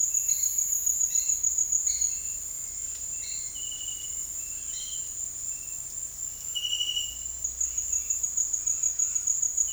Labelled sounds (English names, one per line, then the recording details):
none
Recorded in dense forest near Puerto Asís, Putumayo, Colombia, on 19 March 2025 at 17:30
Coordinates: 0.503, -76.323
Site GP09